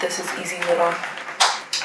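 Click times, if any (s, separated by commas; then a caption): 1.7 s. A snap clasp on a leather wallet is closed while someone talks. It shuts with one short, sharp click at 1.7 seconds, and the clasp is secured.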